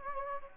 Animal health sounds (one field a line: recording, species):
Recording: mosquito wingbeat signal from an infrared sensor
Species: Anopheles gambiae